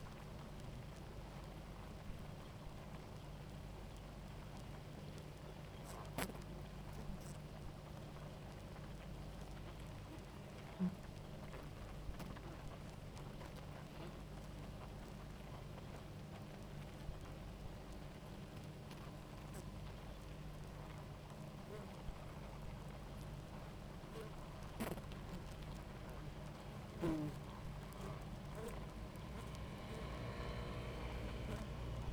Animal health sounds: honeybee colony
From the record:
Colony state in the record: active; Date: 28 July 2017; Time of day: 17:58

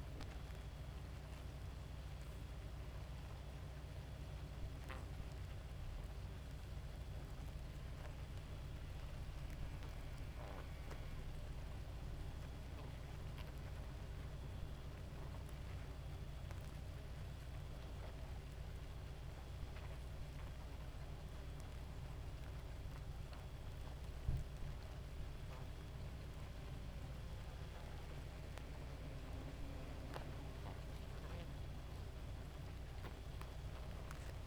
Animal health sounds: honeybee colony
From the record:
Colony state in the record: active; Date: 28 July 2017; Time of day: 2:19

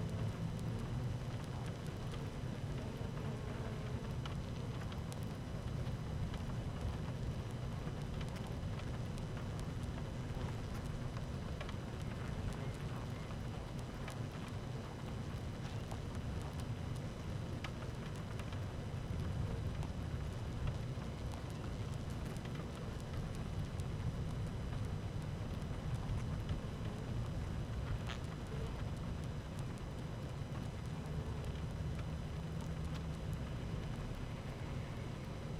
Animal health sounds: honeybee colony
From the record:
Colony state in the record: active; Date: 12 June 2018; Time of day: 13:15

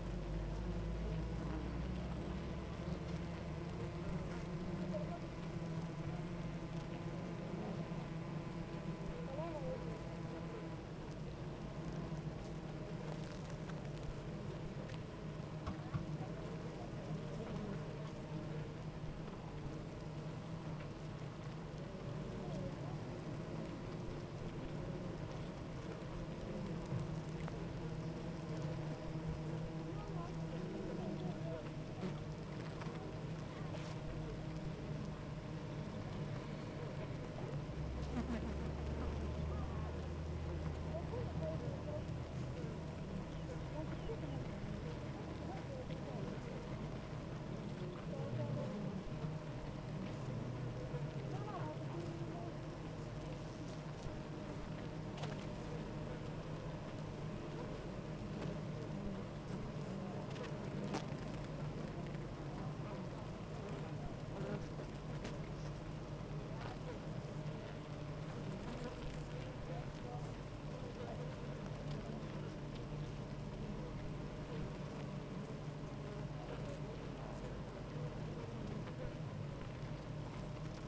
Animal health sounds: honeybee colony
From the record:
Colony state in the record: active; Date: 28 July 2017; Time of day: 8:43

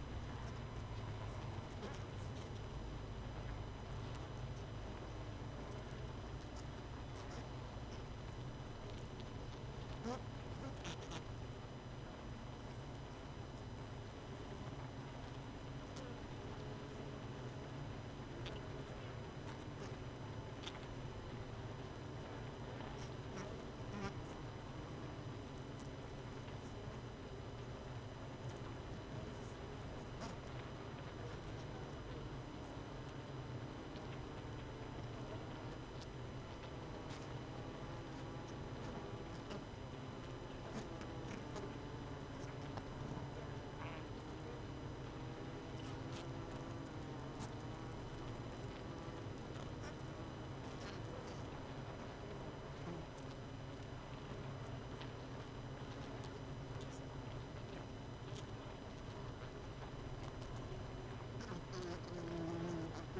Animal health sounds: honeybee colony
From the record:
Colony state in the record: missing queen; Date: 31 May 2018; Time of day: 18:17

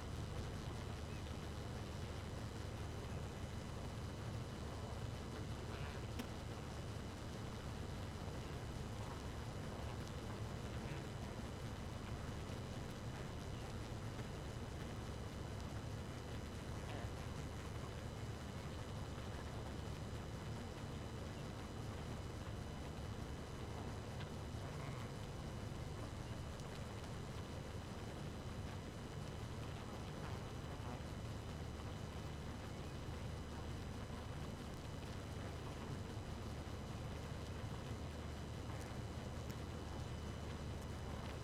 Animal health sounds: honeybee colony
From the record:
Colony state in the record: active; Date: 12 June 2018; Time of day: 2:45

